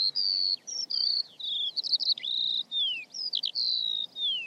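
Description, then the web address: Bird calls: bright whistled notes and slurred downward sweeps, some sharp chirps, delivered in quick bursts with short gaps, over a faint low background hum. "Deverinetal"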